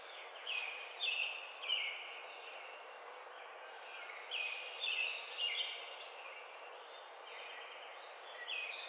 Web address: Carolina Wren 2009 05 05 Carolina Wren